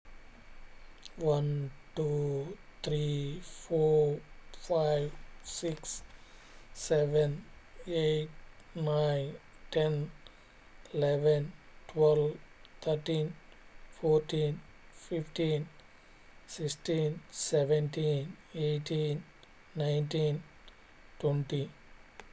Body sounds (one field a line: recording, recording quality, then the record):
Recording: counting at a normal pace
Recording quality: excellent, no background noise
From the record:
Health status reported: healthy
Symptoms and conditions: none ticked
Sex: male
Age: 42 years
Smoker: not ticked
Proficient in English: no